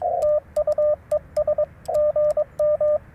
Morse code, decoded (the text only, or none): TU ES GM